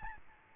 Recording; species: mosquito wingbeat signal from an infrared sensor; Aedes albopictus